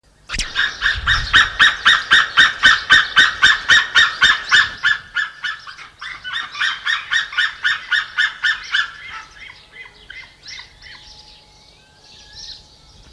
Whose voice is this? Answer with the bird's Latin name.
Haliaeetus albicilla